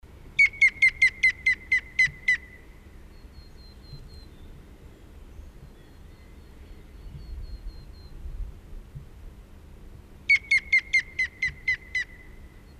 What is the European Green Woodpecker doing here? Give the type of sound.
song